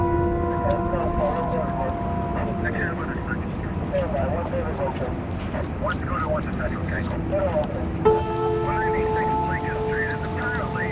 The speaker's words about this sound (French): Il est 23h, une fine pluie s'abat sur Central Park et sur le Dakota Building.